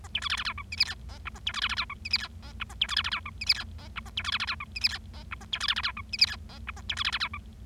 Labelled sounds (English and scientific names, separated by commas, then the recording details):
Bengalese Finch (Lonchura striata domestica) song
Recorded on 25 March 2012 at 11:03
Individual gy6or6